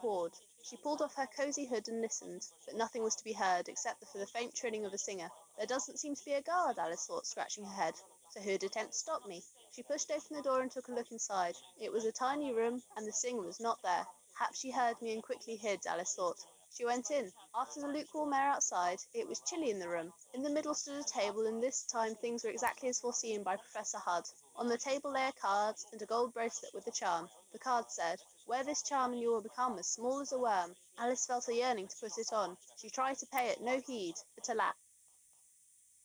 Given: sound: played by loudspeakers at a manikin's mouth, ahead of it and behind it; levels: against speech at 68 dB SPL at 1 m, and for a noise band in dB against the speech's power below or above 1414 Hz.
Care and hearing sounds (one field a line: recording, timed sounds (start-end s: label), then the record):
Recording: test signals for a remote microphone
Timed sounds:
0.00-34.71 s: woman speaking, babble ahead at +6 dB SNR for speech at 1 m
From the record:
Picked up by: remote microphone D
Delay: 24 ms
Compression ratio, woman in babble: 1.06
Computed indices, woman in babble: HASPI 0.873, HASQI 0.329 (non-linear 0.380, linear 0.865), ESTOI 0.825